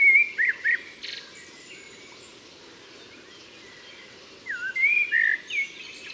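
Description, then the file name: Common blackbird song: two bursts of fluted, warbling whistles with squeaky edges at the start and near the end, quiet hiss between. "Turdus merula"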